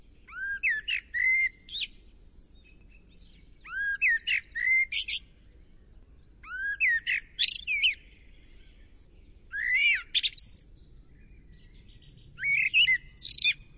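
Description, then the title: Blackbird delivering five song phrases roughly every three seconds, rich whistled notes sliding upward, then a thin chattering squeak at the end of each. "BURUNgLainna. BLACKBIRD"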